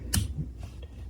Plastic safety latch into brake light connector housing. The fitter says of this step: And so once you get the pins clipped in there, you just got to snap that in.